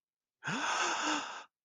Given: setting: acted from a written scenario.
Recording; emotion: vocal sound without words; awe